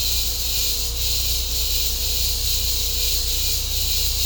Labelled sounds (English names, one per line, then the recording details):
none
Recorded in secondary vegetation near Puerto Asís, Putumayo, Colombia, on 16 December 2024 at 11:00
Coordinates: 0.502, -76.326
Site G028